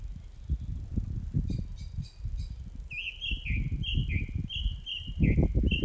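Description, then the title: Song thrush song: a short whistled phrase repeated several times over a loud low rumble, after faint high notes earlier. Recorded 4 May 2021 at 20:35. "2021-05-04 20-35-13-Song-Thursh-4 th-May-2021"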